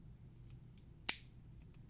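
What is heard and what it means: The barrel latch of a Schofield top-break revolver is forced closed onto the frame without its screw fitted, since it won't latch on its own. After a faint tick near 0.8 s, a loud, sharp metal click sounds at 1.1 s with a brief bright ring. The latch seats closed.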